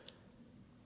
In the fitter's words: It's got a really nice, satisfying click.